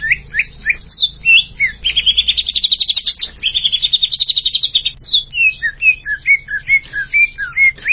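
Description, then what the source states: Greater green leafbird singing clear slurred whistles, then a rapid trill of about three seconds, ending in a series of short downslurred notes. Champion songbird, known locally as cucak ijo.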